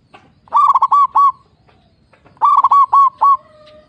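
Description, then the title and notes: Zebra dove song: two loud, clear phrases of quick, stuttering coos, each ending in a longer drawn note, separated by about a second of near silence. Local zebra dove in full song form (gacor), with a loud, crystal-clear voice. "PERKUTUT LOKAL GACOR Suara KRISTAL LANTANG. Kicau Burung Perkutut"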